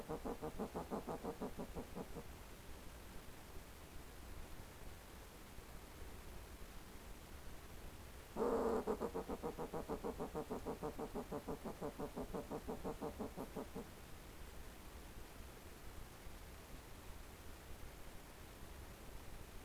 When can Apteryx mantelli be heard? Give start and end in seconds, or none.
none